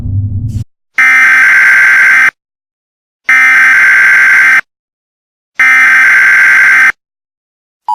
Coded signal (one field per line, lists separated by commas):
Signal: Emergency Alert System (SAME) tones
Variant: header bursts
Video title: (EAS Scenario) Neurax Doomsday